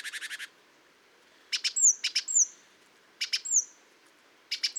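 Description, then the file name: Great tit calls: a quick run of buzzy notes, then clusters of two or three harsh buzzy notes with a thin, high, downslurred whistle, roughly every one and a half seconds. "Parus major"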